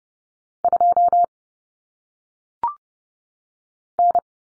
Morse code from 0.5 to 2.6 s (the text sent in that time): 2